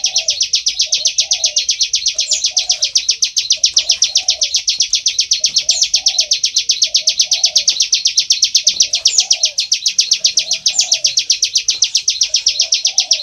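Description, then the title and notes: Bar-winged prinia delivering a steady stream of piercing chip notes, with a soft low two-part sound repeating behind it. Continuous calling style known as ngebren, recorded as tutor audio for oriental magpie-robins to copy. "Ciblek Ngebren Untuk Masteran Murai Batu. Suara burung ciblek"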